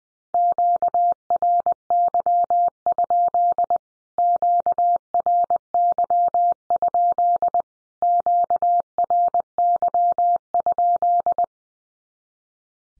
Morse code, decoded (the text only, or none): QRY? QRY? QRY?